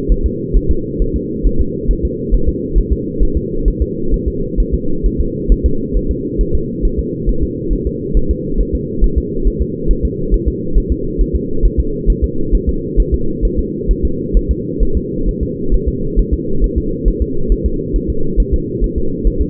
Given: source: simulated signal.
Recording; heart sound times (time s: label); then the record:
fetal heart sounds
0.12 s: S1
0.26 s: S2
0.57 s: S1
0.71 s: S2
1.02 s: S1
1.16 s: S2
1.46 s: S1
1.61 s: S2
1.91 s: S1
2.05 s: S2
2.34 s: S1
2.49 s: S2
2.78 s: S1
2.92 s: S2
3.23 s: S1
3.37 s: S2
3.68 s: S1
3.82 s: S2
4.14 s: S1
4.28 s: S2
4.60 s: S1
4.74 s: S2
5.06 s: S1
5.20 s: S2
5.52 s: S1
5.66 s: S2
5.97 s: S1
6.11 s: S2
6.41 s: S1
6.55 s: S2
6.85 s: S1
6.99 s: S2
7.29 s: S1
7.43 s: S2
7.73 s: S1
7.87 s: S2
8.17 s: S1
8.31 s: S2
8.61 s: S1
8.75 s: S2
9.04 s: S1
9.18 s: S2
9.47 s: S1
9.61 s: S2
9.91 s: S1
10.05 s: S2
10.34 s: S1
10.48 s: S2
10.78 s: S1
10.92 s: S2
11.21 s: S1
11.35 s: S2
11.65 s: S1
11.79 s: S2
12.10 s: S1
12.24 s: S2
12.55 s: S1
12.69 s: S2
13.00 s: S1
13.14 s: S2
13.45 s: S1
13.59 s: S2
13.91 s: S1
14.05 s: S2
14.37 s: S1
14.51 s: S2
14.83 s: S1
14.97 s: S2
15.29 s: S1
15.43 s: S2
15.74 s: S1
15.88 s: S2
16.19 s: S1
16.33 s: S2
16.64 s: S1
16.78 s: S2
17.08 s: S1
17.22 s: S2
17.52 s: S1
17.66 s: S2
17.96 s: S1
18.10 s: S2
18.40 s: S1
18.54 s: S2
18.84 s: S1
18.98 s: S2
19.27 s: S1
19.41 s: S2
From the record:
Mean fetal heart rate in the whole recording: 135 bpm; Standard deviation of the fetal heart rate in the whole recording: 3 bpm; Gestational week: 36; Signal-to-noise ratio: -8.1 dB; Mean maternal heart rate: 72 bpm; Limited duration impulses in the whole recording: absent